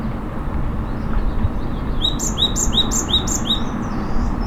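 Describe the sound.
Japanese tit calling: five high, clipped notes in quick succession over a steady low rumbling background noise.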